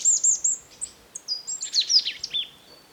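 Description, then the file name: Marsh tit calling: a few thin high notes followed by a burst of quick, varied chirps. "Poecile palustris"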